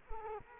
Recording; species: mosquito wingbeat signal from an infrared sensor; Culex quinquefasciatus